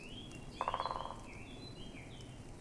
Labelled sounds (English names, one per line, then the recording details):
Great Spotted Woodpecker
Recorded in Germany
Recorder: ecoPi